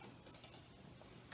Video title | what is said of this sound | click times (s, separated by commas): kubota bagger qTmFk9C9 compressed | You hear that click, and that is | 1.3 s